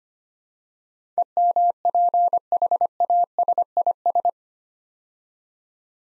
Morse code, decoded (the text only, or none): EMPHASIS